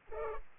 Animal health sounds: mosquito wingbeat signal from an infrared sensor; Culex pipiens

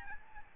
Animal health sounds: mosquito wingbeat signal from an infrared sensor; Aedes albopictus

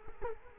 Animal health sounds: mosquito wingbeat signal from an infrared sensor; Culex quinquefasciatus

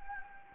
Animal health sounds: mosquito wingbeat signal from an infrared sensor; Anopheles gambiae

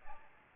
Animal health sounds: mosquito wingbeat signal from an infrared sensor; Aedes albopictus

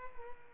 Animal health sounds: mosquito wingbeat signal from an infrared sensor; Culex pipiens

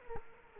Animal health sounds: mosquito wingbeat signal from an infrared sensor; Culex quinquefasciatus

